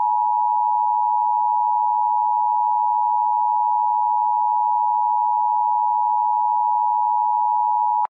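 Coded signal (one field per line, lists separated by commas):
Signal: Emergency Alert System (SAME) tones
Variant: 853 and 960 Hz attention tone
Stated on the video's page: Fictional EAS scenario mocks.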